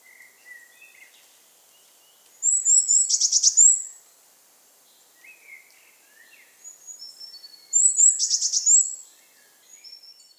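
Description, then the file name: Eurasian blue tit with two bursts of high thin notes and buzzy churring, separated by softer, lower chirps. "Cyanistes caeruleus"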